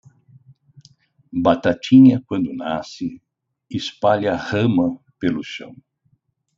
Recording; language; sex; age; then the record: short text; Brazilian Portuguese; male; 60 to 69 years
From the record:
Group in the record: control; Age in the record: 63 years